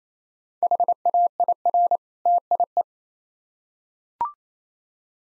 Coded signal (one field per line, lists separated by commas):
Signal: Morse code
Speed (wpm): 27 wpm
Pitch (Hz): 700 Hz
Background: none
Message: HAIR TIE